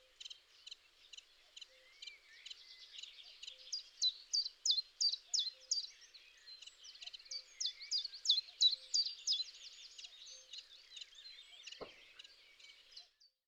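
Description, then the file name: Common chiffchaff singing a long series of quick, high alternating notes, with a soft low note repeating now and then and a single click near the end. "tjiftjaf"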